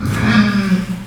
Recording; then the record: squeal of a Yucatan mini pig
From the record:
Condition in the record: after surgery on the right vocal fold (resection and tissue-engineered implant); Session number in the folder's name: 13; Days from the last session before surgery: 113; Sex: female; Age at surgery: 19 weeks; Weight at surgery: 25 kg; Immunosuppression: prednisolone